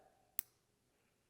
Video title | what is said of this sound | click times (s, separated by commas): Studebaker Metals - Review of our Best Sellers from the Collection - Bracelets Necklaces Rings | when you relieve that sort of pressure on the end and go to, I'm gonna be really quiet so you can hear the click, but | 0.4 s